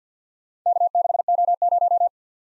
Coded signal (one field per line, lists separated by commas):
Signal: Morse code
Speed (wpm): 49 wpm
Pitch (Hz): 700 Hz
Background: none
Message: K6O0